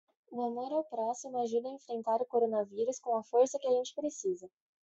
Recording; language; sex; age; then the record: spoken sentence; Brazilian Portuguese; female; 20 to 29 years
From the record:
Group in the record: control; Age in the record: 22 years